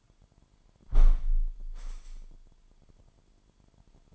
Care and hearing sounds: daily activity, microphone in the room; close window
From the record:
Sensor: 5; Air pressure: 998.1 hPa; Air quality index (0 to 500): 96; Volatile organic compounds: 2 ppm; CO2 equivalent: 1101 ppm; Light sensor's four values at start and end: 24/59/24/27 and 24/59/24/27

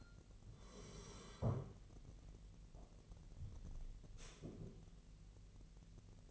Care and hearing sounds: daily activity, microphone in the room; sit down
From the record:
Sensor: 4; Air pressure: 1002.4 hPa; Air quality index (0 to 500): 248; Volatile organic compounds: 38 ppm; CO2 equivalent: 3109 ppm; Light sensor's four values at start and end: 11/26/10/10 and 11/26/10/10

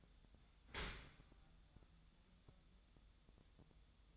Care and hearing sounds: daily activity, microphone in the room; open dishwasher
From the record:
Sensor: 3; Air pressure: 1004.7 hPa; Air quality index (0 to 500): 101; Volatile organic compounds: 4 ppm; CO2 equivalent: 1572 ppm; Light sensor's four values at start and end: 7/17/7/7 and 7/17/7/7

